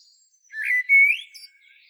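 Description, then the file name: Common blackbird song: a brief rising whistled phrase of two slurred fluty notes, with faint high twitter around it. "Turdus merula"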